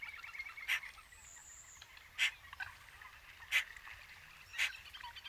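Eurasian magpie giving four separate harsh, rasping calls spaced about one to one and a half seconds apart.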